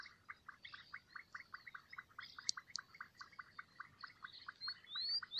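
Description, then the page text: Slender thin-toed frog giving a rapid run of brief notes, several per second, with scattered bird chirps and a rising whistled bird call near the end. Adults, both sexes, wild, recorded 29 November 2018 at Álvarez de Toledo, Saladillo, Buenos Aires Province, Argentina, 37 m altitude. "Nome científico: Leptodactylus gracilis Nome Português: Nome Espanhol: Ranita Rayada Nome em Inglês: Sexo: Ambos Fase da vida: Adulto Data de Registro: 29/11/2018 País: Argentina Província. Departamento: Buenos Aires Localidade ou área protegida: Saladillo Detalhada localização: Álvarez de Toledo"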